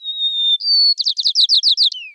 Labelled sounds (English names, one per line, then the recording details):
White-crowned Sparrow song
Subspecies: nuttalli
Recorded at Commonweal, California, in 2013
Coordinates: 37.915, -122.719
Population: north
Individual prboD_13